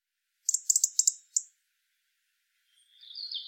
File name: Erithacus rubecula